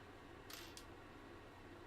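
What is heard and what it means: A plastic Lego wall piece is pressed onto a toy bus model while building the start of the wall around the bus. A broadband scrape or press begins near 0.5 s and ends in a single sharp click at 0.8 s over a steady low hum, and the piece seats in place.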